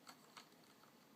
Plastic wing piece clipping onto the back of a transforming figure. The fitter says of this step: It just snaps in place, and then that's on the back as well.